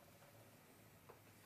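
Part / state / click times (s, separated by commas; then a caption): helmet cheek pad snap into helmet shell liner / not seated / none. The second cheek pad is being refitted into the shell liner of a Shoei X-11 motorcycle helmet, with its press-stud snap handled toward the liner. Only low, steady background noise and faint handling rustle are heard, with a slight brief rise near 1.1 s. Nothing has seated or clicked yet.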